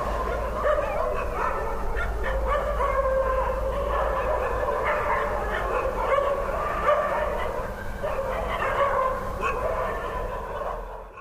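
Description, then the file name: Dog barking in rapid, uneven bursts, several barks per second, continuing throughout with steady background hum. Stray dog. "mylittlestraydog"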